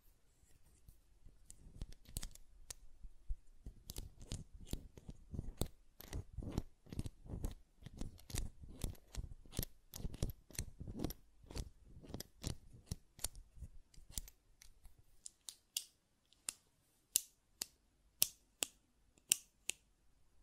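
Buttons are clicked and tapped in a quick, fairly regular series of sharp, bright clicks, each with a short low thump. Through the first fourteen seconds the clicks come densely, about two or three per second; afterward they thin out into sparser, crisper single clicks.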